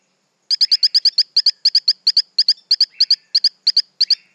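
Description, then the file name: Torrent frog call, a steady rapid string of piercing high chirps, mostly doubled, running about three per second with a soft buzzy note behind. "Hylodes phyllodes"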